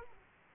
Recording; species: mosquito wingbeat signal from an infrared sensor; Aedes aegypti